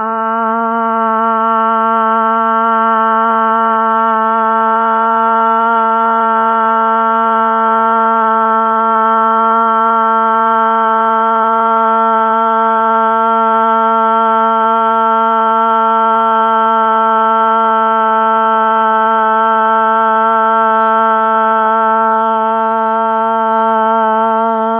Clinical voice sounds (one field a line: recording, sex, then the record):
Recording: sustained vowel /a/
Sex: female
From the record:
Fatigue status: no fatigue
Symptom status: asymptomatic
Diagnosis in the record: COVID-19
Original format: 3gp